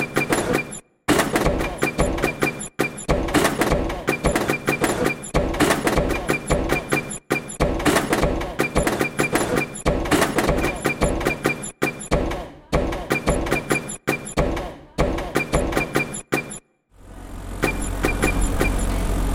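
A rhythmic piece built from the sounds of gates and doors: dense, repeating knocks, creaks and metallic clanks pulse steadily. Brief silent breaks cut in now and then, and near the end it drops to a low, rumbling drone.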